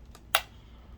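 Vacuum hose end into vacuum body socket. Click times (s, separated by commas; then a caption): 0.4 s. The end of the hose on a Shark PowerDetect DuoClean (AZ4002W) vacuum is pushed into its socket on the vacuum body. A faint tick at 0.2 s is followed by a sharp plastic click at 0.4 s as the hose end seats, then low background hiss. The hose end is clicked into place.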